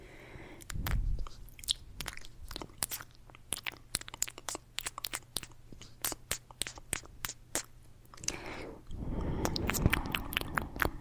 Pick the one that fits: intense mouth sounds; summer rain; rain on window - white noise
intense mouth sounds